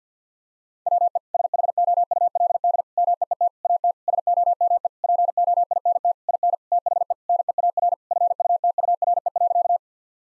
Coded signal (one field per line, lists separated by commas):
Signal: Morse code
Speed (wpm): 50 wpm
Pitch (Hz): 700 Hz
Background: none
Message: WE SHOULD MEET AT SOME POINT IN THE NEAR FUTURE.